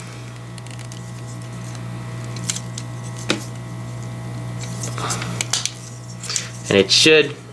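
A plastic body panel of a Maketoys MTCM-04B Rover transforming robot toy is pushed and stressed over the front hump of the car body toward the vehicle-mode front section, while someone talks. Sharp plastic taps and handling knocks are heard around 2.5, 3.3, 5.4 to 5.7 and 6.4 seconds, followed by louder scraping handling near 6.8 to 7.3 seconds. The clip ends before the part goes home, so nothing has seated or clicked into place yet.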